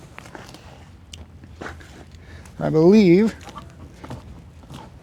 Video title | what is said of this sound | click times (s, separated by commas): Golden Cloud Supreme PR519 Lift Recliner with Twilight - Unboxing and Assembly | I believe one side clicked, the other side did not. | 1.1 s